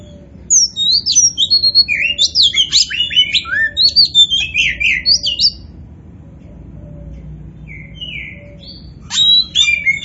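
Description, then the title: Oriental magpie-robin singing a fast run of sweet, slurred notes for about five seconds, falling quiet, then adding a short harsh buzzy burst at the end. Described as gacor, meaning singing vigorously and nonstop. "Kacer Poci"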